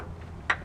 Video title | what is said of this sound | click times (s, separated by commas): Ford Crown Victoria Fuel Pump Replacement DIY | then I was able to get enough room to get that on and you just heard it snap so | 0.5 s